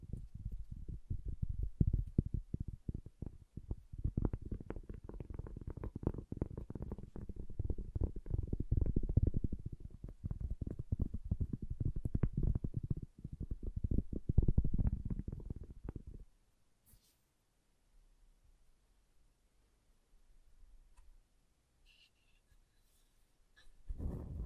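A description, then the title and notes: Wood triggers: dense, rapid tapping and scratching on wood for sixteen seconds, then near silence with a few faint clicks and a final knock. ASMR Calming Wood Triggers for Sleep (No Talking).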